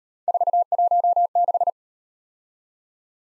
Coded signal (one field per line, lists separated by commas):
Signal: Morse code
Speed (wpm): 35 wpm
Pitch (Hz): 700 Hz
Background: none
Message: 416